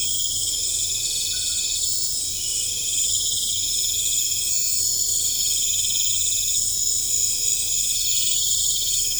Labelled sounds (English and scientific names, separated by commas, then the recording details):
none
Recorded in pastures near Puerto Asís, Putumayo, Colombia, on 21 December 2024 at 20:30
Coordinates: 0.496, -76.326
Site G004